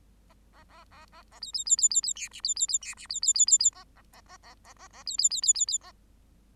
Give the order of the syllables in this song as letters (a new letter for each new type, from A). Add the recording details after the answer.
A A A A A A B B B B B B C D B B B C D B B B B B A A A A A A A A B B B B B B A. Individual Bird8